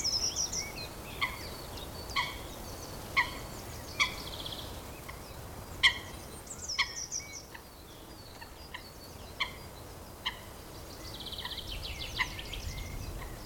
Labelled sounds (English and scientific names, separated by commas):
Common Chiffchaff (Phylloscopus collybita)